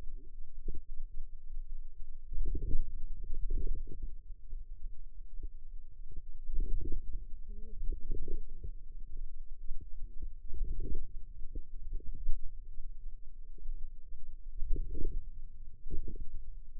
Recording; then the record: forearm muscle sounds (acoustic myography)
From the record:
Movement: ulnar deviation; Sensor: system 2, bracelet of six BSWA MPA416 microphones around the upper forearm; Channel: 5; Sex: female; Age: 21 years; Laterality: right